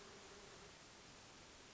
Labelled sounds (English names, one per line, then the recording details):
Hermit Thrush
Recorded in Sonoma County, California